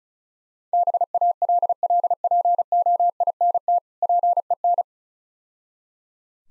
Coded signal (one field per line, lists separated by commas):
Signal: Morse code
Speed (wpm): 36 wpm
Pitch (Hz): 700 Hz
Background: none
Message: BALLPOINT PEN